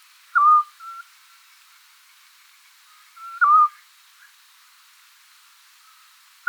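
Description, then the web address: Eurasian scops owl calling with brief pure whistles, two strong notes three seconds apart, the first followed and the second preceded by a fainter whistle, and a third strong note cut off at the end. "otus scops call"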